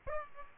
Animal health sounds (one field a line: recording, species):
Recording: mosquito wingbeat signal from an infrared sensor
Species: Aedes aegypti